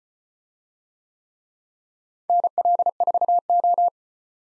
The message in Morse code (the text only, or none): NL4O